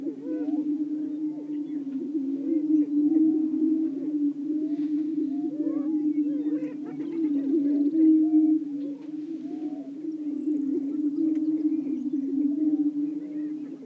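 Greater prairie-chickens in a long, even booming chorus, the low drone unbroken and sprinkled with quick cackling notes.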